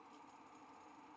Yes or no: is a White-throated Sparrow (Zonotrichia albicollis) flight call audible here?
no